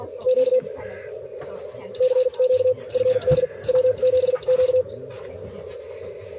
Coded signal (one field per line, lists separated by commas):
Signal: Morse code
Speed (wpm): 45 wpm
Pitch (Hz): 500 Hz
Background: speech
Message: Q CQ FD W7Q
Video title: W7Q Field Day 2024